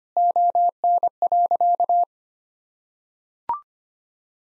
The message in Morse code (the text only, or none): ON.